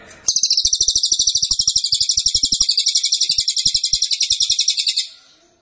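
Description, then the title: Cililin song: a high, rapid buzzy trill of even pulses, running steadily for almost five seconds over faint low clicks, then stopping. Cililin song, used to teach songbirds. "Cililin AMPUH. Masteran Burung cililin masteran sang juara"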